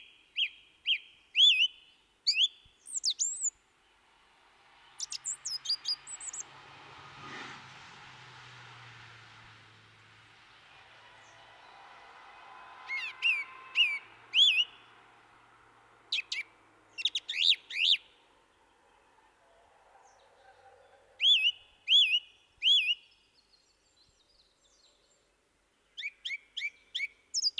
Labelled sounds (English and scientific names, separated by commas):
Song Thrush (Turdus philomelos) song